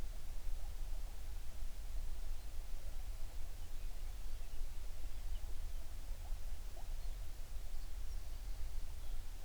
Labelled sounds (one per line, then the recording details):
songbird
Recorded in the Prudhoe Bay oil fields, Alaska, on 11 June 2019 at 05:25
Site 21